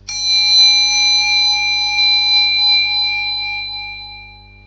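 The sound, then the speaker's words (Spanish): A meditation bell is struck once, giving a bright, sustained metallic ring with clear high overtones that slowly decays over several seconds, alone with no voices. “A continuación, va a volver a sonar la campanilla de meditación.”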